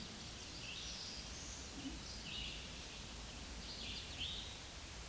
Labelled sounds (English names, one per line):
Scarlet Tanager song